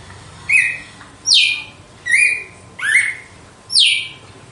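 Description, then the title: Red-cowled cardinal song: five loud clear whistles, alternating level and sweeping notes, evenly spaced under a second apart. Female; song described as pure, strong, clean and measured 'açoite'. "Canto Galo Campina Fêmea 02. GALO DE CAMPINA, AÇOITE PURO, FORTE, LIMPO E COMPASSADO"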